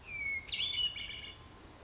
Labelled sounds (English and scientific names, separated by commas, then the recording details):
Hermit Thrush (Catharus guttatus)
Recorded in Sonoma County, California